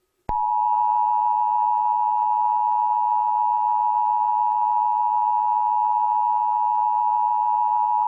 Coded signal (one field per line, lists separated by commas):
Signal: Emergency Alert System (SAME) tones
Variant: 853 and 960 Hz attention tone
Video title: EAS Scenario #11 - [EAS Scenario/Analog Horror] - The SCP Uprising